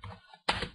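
On an Acer Aspire 7741Z laptop, the plastic screen bezel is gently pried up with fingertips off the screen lid. After a soft lead-in, a sharp plastic snap is heard at 0.5 s as a hidden bezel clip releases. The snapping is a good sign that the clips are coming free.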